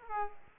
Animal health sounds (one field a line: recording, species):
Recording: mosquito wingbeat signal from an infrared sensor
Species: Aedes aegypti